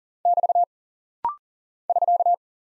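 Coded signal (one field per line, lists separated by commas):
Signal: Morse code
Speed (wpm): 40 wpm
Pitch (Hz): 700 Hz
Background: none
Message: <BT> <SK>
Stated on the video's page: Rapid-fire head-copy drill of punctuation and prosign characters sent at 40 wpm.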